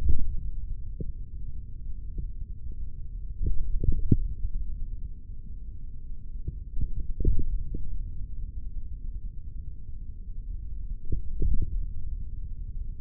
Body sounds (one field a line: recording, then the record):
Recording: forearm muscle sounds (acoustic myography)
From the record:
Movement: finger pinch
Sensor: system 3, bracelet of six PUI Audio POM-2738L microphones around the upper forearm, with dedicated amplification and filtering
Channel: 2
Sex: male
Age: 56 years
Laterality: right